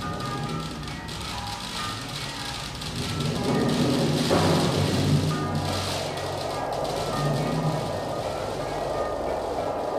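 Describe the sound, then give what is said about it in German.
A steady, dense clatter of hail hammers down for the whole stretch, swelling louder midway, with faint ringing, bell-like tones woven through the noise. No one speaks. “Und dann hagelte es.”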